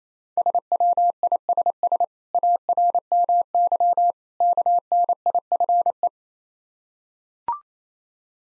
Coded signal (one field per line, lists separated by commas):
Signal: Morse code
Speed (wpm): 28 wpm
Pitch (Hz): 700 Hz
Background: none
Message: SWISS ARMY KNIFE